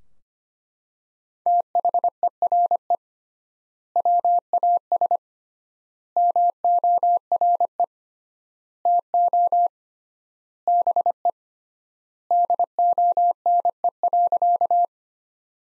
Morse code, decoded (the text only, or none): THERE WAS MORE TO BE DONE.